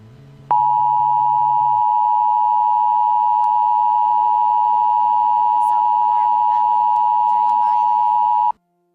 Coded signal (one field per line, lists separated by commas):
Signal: Emergency Alert System (SAME) tones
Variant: 853 and 960 Hz attention tone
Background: speech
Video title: EAS mock: Palisades fire